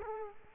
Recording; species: mosquito wingbeat signal from an infrared sensor; Culex quinquefasciatus